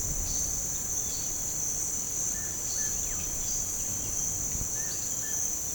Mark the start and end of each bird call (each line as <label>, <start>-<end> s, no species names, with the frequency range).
bird call (3.2-5.8 kHz), 0.25-0.36 s
bird call (0.8-3.8 kHz), 2.32-3.22 s
bird call (1.3-2.6 kHz), 4.71-4.92 s
bird call (1.2-2.5 kHz), 5.21-5.40 s